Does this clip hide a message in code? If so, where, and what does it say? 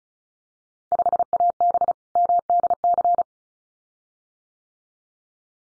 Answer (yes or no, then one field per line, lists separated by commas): yes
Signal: Morse code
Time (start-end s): 0.9-3.2 s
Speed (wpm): 36 wpm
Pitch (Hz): 700 Hz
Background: none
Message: 5AB MDC